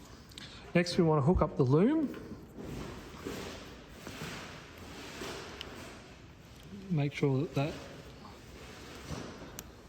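A wiring loom plug is pushed into a parking sensor while fitting a Predator bull bar on a Defender L663, as someone talks. A single sharp click is heard at 9.6 s as the loom connector seats.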